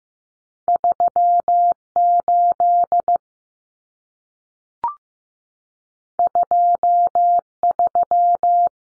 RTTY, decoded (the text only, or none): none